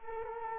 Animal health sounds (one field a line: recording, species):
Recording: mosquito wingbeat signal from an infrared sensor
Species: Culex quinquefasciatus